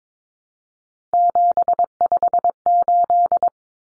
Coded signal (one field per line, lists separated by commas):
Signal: Morse code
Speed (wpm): 22 wpm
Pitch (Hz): 700 Hz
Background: none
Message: 758